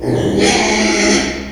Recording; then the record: squeal of a Yucatan mini pig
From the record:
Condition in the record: after surgery on the right vocal fold (resection and tissue-engineered implant); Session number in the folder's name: 2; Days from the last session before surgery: 13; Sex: male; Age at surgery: 12 weeks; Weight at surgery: 13 kg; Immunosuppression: cyclosporine, prednisolone